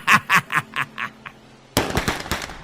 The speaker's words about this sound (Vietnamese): Tiếng cười vừa dứt thì bỗng một tiếng súng đã vang lên, trực chỉ thẳng trán của lão Dũng.